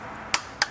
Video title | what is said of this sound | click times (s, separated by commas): We Love Working On BMWs - Are BMWs Money Pits?? | just like that. I hope you can hear the torque wrench click. | 0.3 s, 0.6 s